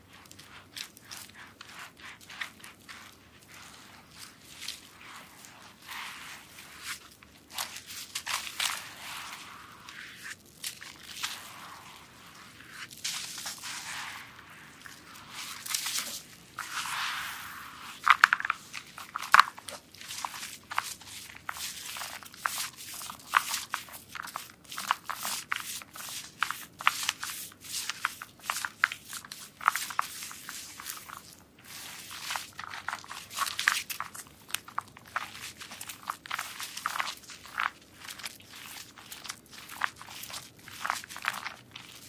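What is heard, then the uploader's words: ASMR soap massage, heard as a quick, irregular run of soft wet squishing and rubbing strokes that keeps going for the whole time. The strokes are dense and fairly bright, crowding together around the middle and in later bursts, over a quiet low hum. ASMR soap massage with relaxing sounds.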